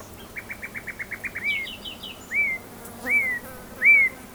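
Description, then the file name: Common nightingale song: a rapid string of short repeated notes, then three loud rising-and-falling whistled slurs spaced under a second apart. "Luscinia megarhynchos"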